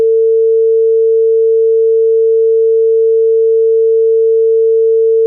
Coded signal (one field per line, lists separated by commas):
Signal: telephone call progress tone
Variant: China, 450 Hz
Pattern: dial tone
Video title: Dial tone (China). Call-progress tones. Phone sounds. Sound effects. SFX